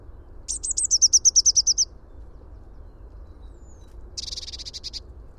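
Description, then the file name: Eurasian blue tit calls: a bright descending trill of a dozen sharp notes, then after a pause a softer, buzzier burst of rapid notes. "Cyanistes caeruleus"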